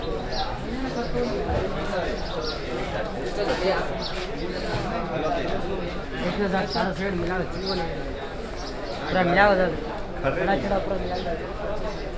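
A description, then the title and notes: Crowded market voices overlap without pause, a dense murmur of many people talking at once. Loudness stays fairly even, with a brighter, louder call or exclaimed voice standing out near the nine-second mark. Krishnarajendra market. Bangalore.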